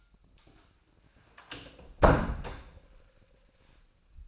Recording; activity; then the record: daily activity, microphone in the room; close door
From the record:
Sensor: 2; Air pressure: 1009.1 hPa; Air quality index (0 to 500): 178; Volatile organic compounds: 2 ppm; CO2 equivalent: 1296 ppm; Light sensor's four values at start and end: 34/89/38/41 and 34/89/38/40